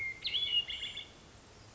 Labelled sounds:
Hermit Thrush (Catharus guttatus)
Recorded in Sonoma County, California

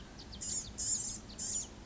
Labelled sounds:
Blue-gray Gnatcatcher (Polioptila caerulea)
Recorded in Sonoma County, California

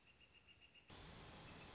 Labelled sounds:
Northern Flicker (Colaptes auratus)
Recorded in Sonoma County, California

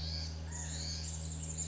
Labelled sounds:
California Quail (Callipepla californica)
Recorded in Sonoma County, California

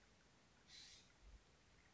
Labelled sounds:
California Scrub-Jay (Aphelocoma californica)
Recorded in Sonoma County, California

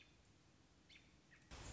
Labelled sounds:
American Robin (Turdus migratorius)
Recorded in Sonoma County, California

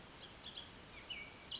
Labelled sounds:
Bullock's Oriole (Icterus bullockii)
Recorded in Sonoma County, California

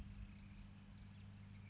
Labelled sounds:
California Towhee (Melozone crissalis)
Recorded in Sonoma County, California

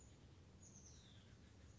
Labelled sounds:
Oak Titmouse (Baeolophus inornatus)
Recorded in Sonoma County, California

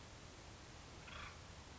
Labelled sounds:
Acorn Woodpecker (Melanerpes formicivorus)
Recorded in Sonoma County, California

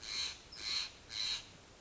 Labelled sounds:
Steller's Jay (Cyanocitta stelleri)
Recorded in Sonoma County, California

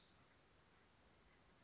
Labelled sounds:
Nuttall's Woodpecker (Dryobates nuttallii)
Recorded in Sonoma County, California

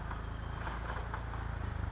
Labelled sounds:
Oak Titmouse (Baeolophus inornatus)
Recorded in Sonoma County, California

